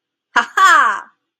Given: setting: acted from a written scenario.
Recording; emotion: vocal sound without words; triumph